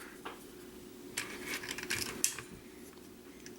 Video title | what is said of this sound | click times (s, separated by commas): TAKARA DIACLONE BATTLE CONVOY TOY REVIEW PRE G1 TRANSFORMERS | it snap in pretty good you heard that | 1.2 s, 2.2 s